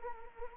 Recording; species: mosquito wingbeat signal from an infrared sensor; Anopheles arabiensis